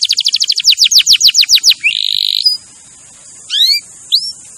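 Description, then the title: Canary song: a quick series of falling notes, a short buzzy tone, then near silence broken by a few thin rising whistles. Champion canary song used as a master recording for training other birds. "Masteran Kenari Juara"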